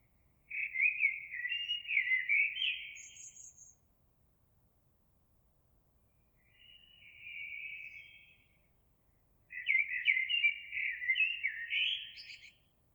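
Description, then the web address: Eurasian blackbird song in three separate phrases, each a fluty warbling run, the middle one softer, the last ending in high squeaks. Recorded 26 April 2022. "oiseaux Merle 2022 04 26"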